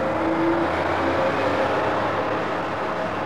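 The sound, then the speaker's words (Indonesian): A bus carrying schoolchildren pulls away, departing for the zoo: a loud, steady engine rumble with a dense low roar and a brief tonal whine early on. It holds fairly even throughout, with no voices. “Setelah semua anak masuk, bus pun berangkat menuju kebun binatang.”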